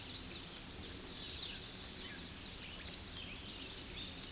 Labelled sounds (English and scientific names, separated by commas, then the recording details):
American Redstart (Setophaga ruticilla) song
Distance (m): 35 m
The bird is about 5 m above the microphone
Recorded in a Pennsylvania forest on 16 May 2024 at 08:15
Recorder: AudioMoth, point MSD-2367
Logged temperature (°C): 16.0 °C
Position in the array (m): 151 m, 251 m